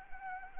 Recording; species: mosquito wingbeat signal from an infrared sensor; Anopheles arabiensis